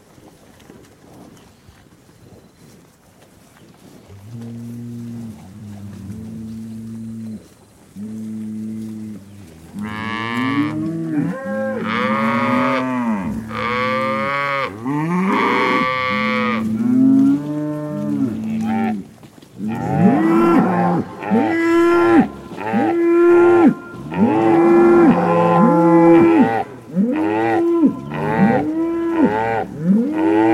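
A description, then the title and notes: Cows call back and forth in a rapid series of short, stacked moos, starting low and sparse around four seconds and growing louder, brighter and more crowded after ten seconds. The bellows overlap densely toward the end, over faint hiss. Eco-Moo-tion: The Ecological Soundscape of Cow Conversations.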